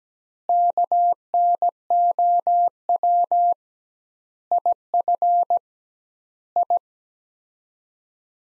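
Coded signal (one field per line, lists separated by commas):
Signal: Morse code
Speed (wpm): 17 wpm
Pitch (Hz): 700 Hz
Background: none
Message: KNOW IF I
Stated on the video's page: Morse practice sets of five words at 17 wpm with 2x word-spacing, a Farnsworth-like approach; each set is sent, spoken, then sent again.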